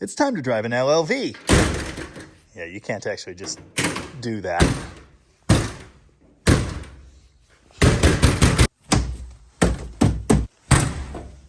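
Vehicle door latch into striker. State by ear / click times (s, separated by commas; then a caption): not seated / none. Someone talks, then repeatedly pushes and slams the sliding door of a Grumman LLV postal vehicle shut, making a series of loud thuds. The door latch does not catch the striker, so the door still has not latched. This door would not open at all when the vehicle arrived, and now it will not latch.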